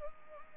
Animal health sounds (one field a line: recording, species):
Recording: mosquito wingbeat signal from an infrared sensor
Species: Anopheles arabiensis